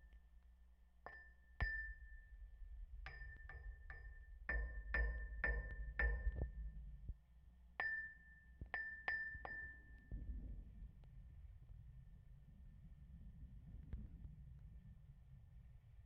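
Rings strike the poles of a rusty metal structure, each hit leaving a clear, bright, ringing tone that hangs briefly. About fifteen strikes come in uneven bursts over the first ten seconds, then stop, leaving a low, rough rumble and faint shuffling.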